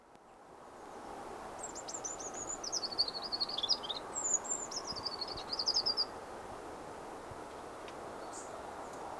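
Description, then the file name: Eurasian wren song: two quick bursts of shrill, rattling trills and high chips close together, followed by several seconds of only low background noise. "Troglodytes troglodytes"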